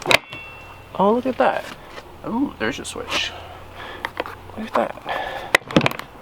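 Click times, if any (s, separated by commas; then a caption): 5.5 s. Someone talks while working the switch on the clip latch of a plastic Milwaukee Packout storage tote stacked on a toolbox. A sharp plastic click at 5.6 seconds is followed by smaller rattles. The tote releases and unclips from the stacked toolbox.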